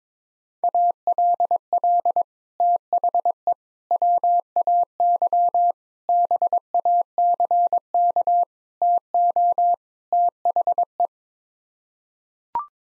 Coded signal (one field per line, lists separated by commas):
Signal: Morse code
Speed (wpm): 22 wpm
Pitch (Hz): 700 Hz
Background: none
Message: ALL THE WAY BACK TO THE